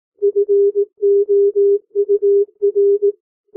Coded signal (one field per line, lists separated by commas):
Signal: Morse code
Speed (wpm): 18 wpm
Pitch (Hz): 400 Hz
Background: music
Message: FOUR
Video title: Improve Your Morse Code 15-18 WPM - 18-18 WPM